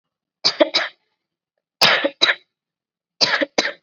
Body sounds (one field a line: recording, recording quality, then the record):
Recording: heavy voluntary cough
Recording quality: excellent, no background noise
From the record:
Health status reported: COVID-19 positive, mild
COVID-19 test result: positive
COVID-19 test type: rapid antigen test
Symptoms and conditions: cough, sore throat, fever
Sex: female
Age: 18 years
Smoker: no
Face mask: worn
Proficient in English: yes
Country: India